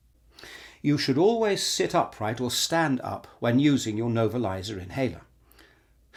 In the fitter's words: Replace the lid of the inhaler by pushing down and backwards until it clicks into place.